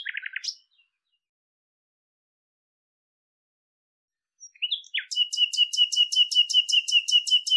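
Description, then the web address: Bird calling: a quick buzzy trill opens, then after a silent gap a rapid trill of repeated high notes. "cianscape birddata Deverinetal 2025 Bird Lu Me Lu Me"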